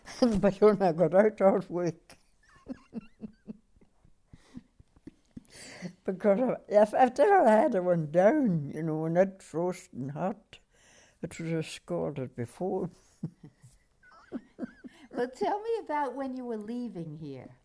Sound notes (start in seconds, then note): 0.4 she laughs; 13.9 she laughs